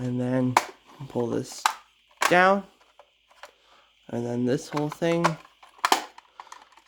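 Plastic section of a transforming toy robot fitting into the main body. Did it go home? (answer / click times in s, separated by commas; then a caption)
yes / 5.9 s. Someone talks while transforming a plastic toy megazord, pushing a large plastic section of the transforming toy robot into position on the main body. A sharp double snap sounds at 5.9 s and 5.9 s as the section snaps into place and seats.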